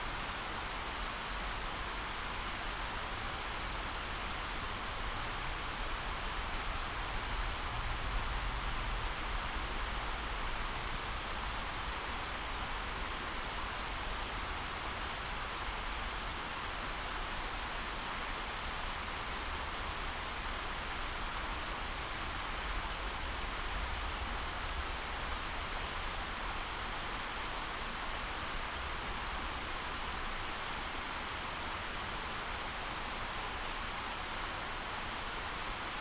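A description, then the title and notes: A moorland waterfall pours in a dense, steady rush with no letup, bright hiss over a low rumble, unchanging throughout. Moorland waterfall (sleep safe natural white noise). Captured in the early hours of yesterday morning in the hills of Derbyshire. We hang the Lento mics off one of its outstretched limbs. This sound-view is of the waterfall, to the left.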